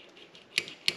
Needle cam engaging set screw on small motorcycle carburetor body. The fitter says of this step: you'll hear it click as you turn and then you'll see